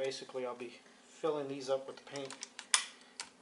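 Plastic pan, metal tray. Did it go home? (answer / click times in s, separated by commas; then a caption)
yes / 2.7 s. Someone talks while an empty plastic watercolor half pan is pressed into a slot of a metal watercolor palette. A sharp tick at 2.7 s marks the half pan snapping into place, seated, and a softer tick follows at 3.2 s.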